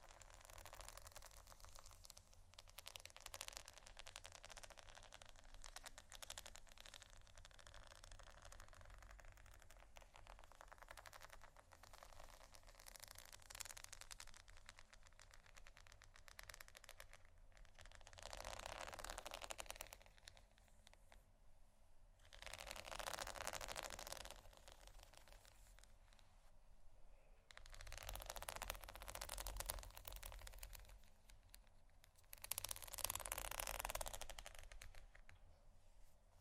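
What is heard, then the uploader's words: Pearls scratched and tapped in a rapid, crackly rattle, swelling into brighter rustling bursts near 18, 23, 29 and 33 seconds. ASMR Scratching & Tapping On Pearls（No Talking）.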